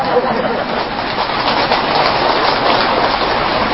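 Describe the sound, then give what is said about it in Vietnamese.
Steady, dense rain blows in, hissing and pattering continuously, a broad splashing wash with no pauses and even loudness throughout. “Mưa tạt chúng ta dời xích vô, ai bị tạt mưa phước nhiều hơn người ngồi trong.”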